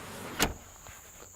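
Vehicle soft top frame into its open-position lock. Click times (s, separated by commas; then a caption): 0.4 s. The soft top of a 2018 Jeep Wrangler JL Unlimited Sport is slid back from the rear into its half-open position, and its frame locks into the open-position lock with one sharp, loud broadband clack at 0.4 s. A few faint, soft taps and a steady high-pitched tone follow in the quiet afterward. The top is seated and locked in place.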